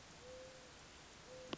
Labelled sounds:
Mourning Dove (Zenaida macroura)
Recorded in Sonoma County, California

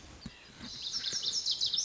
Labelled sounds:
Lazuli Bunting (Passerina amoena)
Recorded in Sonoma County, California

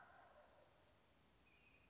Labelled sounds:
Wild Turkey (Meleagris gallopavo)
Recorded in Sonoma County, California

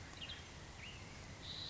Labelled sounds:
Western Tanager (Piranga ludoviciana)
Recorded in Sonoma County, California

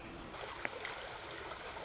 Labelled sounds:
Pacific Wren (Troglodytes pacificus)
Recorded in Sonoma County, California

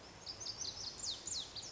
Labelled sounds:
Lazuli Bunting (Passerina amoena)
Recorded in Sonoma County, California

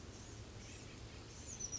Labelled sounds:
Oak Titmouse (Baeolophus inornatus)
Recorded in Sonoma County, California

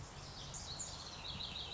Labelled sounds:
House Wren (Troglodytes aedon)
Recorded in Sonoma County, California

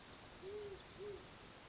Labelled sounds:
Great Horned Owl (Bubo virginianus)
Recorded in Sonoma County, California

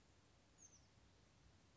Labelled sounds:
Oak Titmouse (Baeolophus inornatus)
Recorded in Sonoma County, California

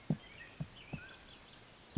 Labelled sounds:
Mountain Quail (Oreortyx pictus)
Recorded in Sonoma County, California

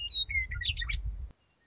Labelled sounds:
Western Meadowlark (Sturnella neglecta)
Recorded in Sonoma County, California

